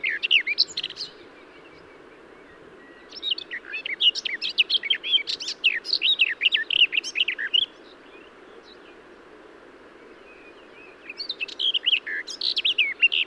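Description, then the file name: Garden warbler song: long, rapid, warbling phrases of varied chirps and trills, one brief phrase, a pause, a long burst, then another beginning after a gap. "Garden-Warbler- -Sylvia-borin"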